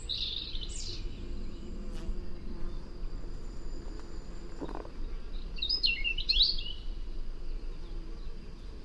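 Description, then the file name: European robin giving a short high warble at the start and another quick sparkling phrase later, over steady low rumbling background noise. "Erithacus rubecula"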